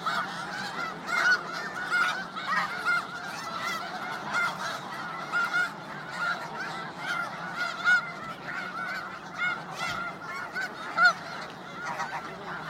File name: Canto do gansos da neve